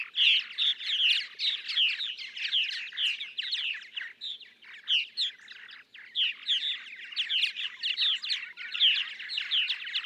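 Purple martin song, a long, steady flow of bubbling, croaking warbles with only brief gaps between phrases.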